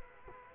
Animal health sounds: mosquito wingbeat signal from an infrared sensor; Culex quinquefasciatus

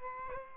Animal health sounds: mosquito wingbeat signal from an infrared sensor; Aedes albopictus

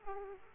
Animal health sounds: mosquito wingbeat signal from an infrared sensor; Aedes aegypti

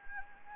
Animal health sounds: mosquito wingbeat signal from an infrared sensor; Anopheles gambiae

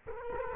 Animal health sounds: mosquito wingbeat signal from an infrared sensor; Culex quinquefasciatus

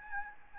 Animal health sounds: mosquito wingbeat signal from an infrared sensor; Aedes albopictus

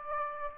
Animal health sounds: mosquito wingbeat signal from an infrared sensor; Aedes aegypti

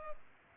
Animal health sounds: mosquito wingbeat signal from an infrared sensor; Culex pipiens

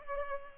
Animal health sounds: mosquito wingbeat signal from an infrared sensor; Culex pipiens

